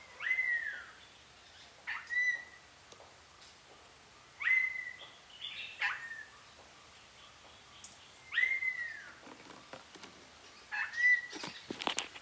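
Neumann's starling gives five whistles that rise and then level off, at irregular intervals, among clicks and rustles, with a burst of clicks at the end.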